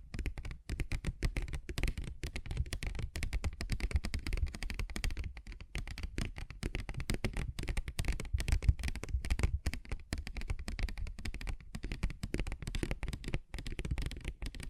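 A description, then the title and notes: Fingers tap and scratch at a paper bag in quick, dense bursts, a crisp crinkly rustle running almost without pause for the whole stretch. The sound is dry, with a soft low thump under the papery texture. ASMR Paper Bag Tapping and Scratching Sounds (No Talking).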